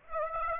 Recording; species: mosquito wingbeat signal from an infrared sensor; Aedes aegypti